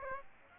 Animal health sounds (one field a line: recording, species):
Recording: mosquito wingbeat signal from an infrared sensor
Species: Aedes aegypti